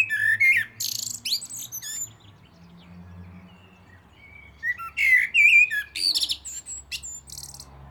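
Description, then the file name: Common blackbird song in two bursts: low flute-like whistles ending in harsh, high squeaks, with a quiet interval between phrases. "Turdus merula"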